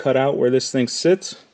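A rubber tie rod bellow (boot) is being pushed onto the steering rack of a 2013-2020 Ford Fusion, where its front lip should click into a small groove cut into the part. Only someone talking is heard over the 1.6 seconds. Nothing has seated or clicked yet.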